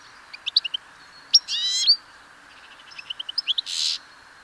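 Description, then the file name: European goldfinch giving quick, tinkling chirps in short bursts, each followed by a harsh, buzzy rasp, over a steady background hiss. "Carduelis carduelis"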